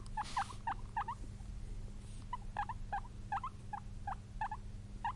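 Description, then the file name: Guinea pig uttering a run of brief chirping squeaks with a short pause midway, against a constant low hum and a short rustle at the start. "cute guinea pig"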